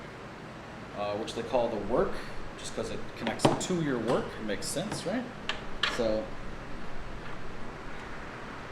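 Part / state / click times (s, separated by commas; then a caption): welding work-lead plug into stick welder output socket / not seated / none. The negative work-lead plug of a stick welder is handled and brought to the machine's output socket while someone talks over a steady low background hum. Nothing has been plugged in, twisted, or locked yet, and no click is heard.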